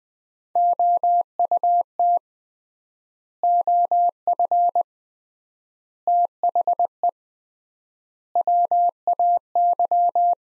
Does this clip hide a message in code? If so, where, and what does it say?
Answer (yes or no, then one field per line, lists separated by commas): yes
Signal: Morse code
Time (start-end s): 0.6-10.3 s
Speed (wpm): 21 wpm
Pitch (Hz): 700 Hz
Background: none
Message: OUT OF THE WAY